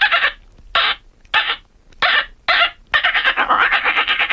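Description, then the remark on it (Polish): The Polish bird-imitation champion imitates the song of a great reed warbler, the call she won with: five harsh, grating bursts with short gaps, then a fast continuous run of rasping, chattering notes, fairly loud and with no talking. “I co to za stworzenie? Trzciniak.”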